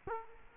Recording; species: mosquito wingbeat signal from an infrared sensor; Culex quinquefasciatus